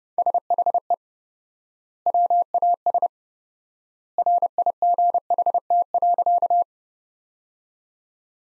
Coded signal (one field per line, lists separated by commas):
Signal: Morse code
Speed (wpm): 32 wpm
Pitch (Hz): 700 Hz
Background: none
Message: SHE WAS RIGHT.